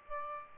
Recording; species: mosquito wingbeat signal from an infrared sensor; Aedes albopictus